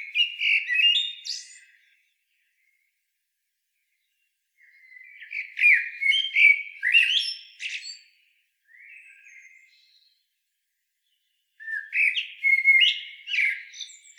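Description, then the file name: Common blackbird delivering several separate song phrases of fluty whistles and thin squeaky flourishes, separated by pauses. "Turdus merula"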